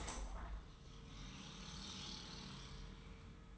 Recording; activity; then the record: daily activity, microphone in the room; open window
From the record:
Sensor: 3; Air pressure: 999.9 hPa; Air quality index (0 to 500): 222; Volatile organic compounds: 86 ppm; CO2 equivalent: 3658 ppm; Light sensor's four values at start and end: 9/22/9/9 and 10/23/9/9